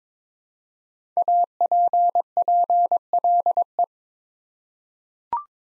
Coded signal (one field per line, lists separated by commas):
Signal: Morse code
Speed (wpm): 22 wpm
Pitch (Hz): 700 Hz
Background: none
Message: APPLE